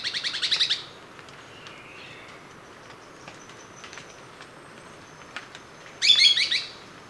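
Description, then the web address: Immaculate Antbird harsh rattling chatter at the start and again near the end, separated by quiet background with faint clicks. Ecuador. "Natures Songs S America Birds of Ecuador Immaculate Antbird"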